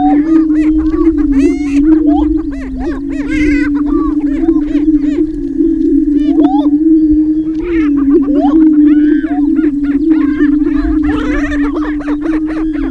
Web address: Laura's Natural Sounds Greater Prairie Chicken